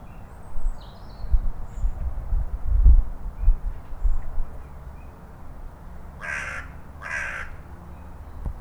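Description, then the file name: Carrion crow giving two rough caws near the end, after several seconds of low rumbling and thumping noise. "Corvus corone"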